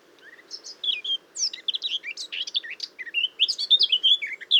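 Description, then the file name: Eurasian blackcap song: a rapid, varied warble of twittering notes rising into clearer fluty phrases, running continuously for about four seconds. "Sylvia atricapilla"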